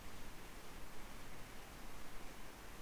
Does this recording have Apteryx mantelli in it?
no